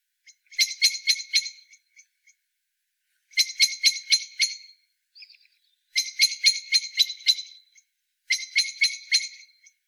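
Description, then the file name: Eurasian blackbird giving four bursts of dry, rapid chattering notes. "Turdus merula"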